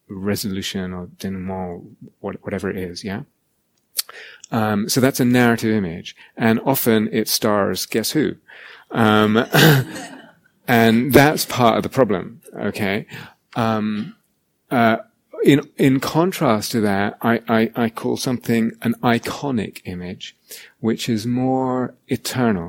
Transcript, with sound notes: resolution, or dénouement, or whatever it is. So that's a narrative image, and often it stars -- guess who? [laughter] And that's part of the problem, okay? In contrast to that, I call something an iconic image, which is more eternal.